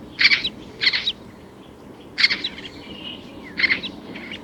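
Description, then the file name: Eurasian magpie giving four loud, harsh chattering calls at irregular intervals. "Pica pica"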